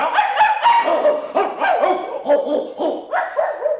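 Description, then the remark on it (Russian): A pack of about fifty mongrel dogs from the yards barks continuously at passers-by, many overlapping barks, yelps and howl-like cries blending into a loud, constant clamor with no pauses and no human voices. “собак ты не уймешь от лаю, лишь пуще всю раздразнишь стаю”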